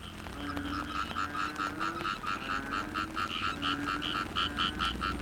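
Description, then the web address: Frogs in chorus, a bright pulsed croak repeating about twice a second over a layered background of lower droning calls. Frogs in the Cherating wetlands, Malaysia. "yamaha frogs cherating wetlands. malaysia"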